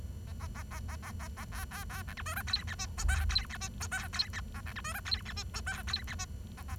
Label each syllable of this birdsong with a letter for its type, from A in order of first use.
A A A A A A A A B B B C D E F G H I J K G H I J K G H A C D E F G H I J K G H I A A